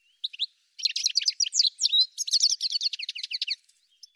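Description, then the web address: Bird giving a long rush of rapid, high chirping notes after a couple of short opening chirps. "cianscape birddata"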